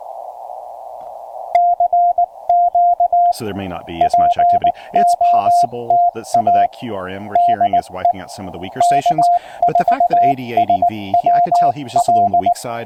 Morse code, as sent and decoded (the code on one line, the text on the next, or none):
-.-. --.- / .--. --- - .- / -.. . / -.- ....- ... .-- .-..
CQ POTA DE K4SWL